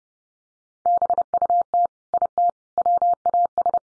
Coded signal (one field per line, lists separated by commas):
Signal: Morse code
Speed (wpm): 30 wpm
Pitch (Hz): 700 Hz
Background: none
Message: BUT IT WAS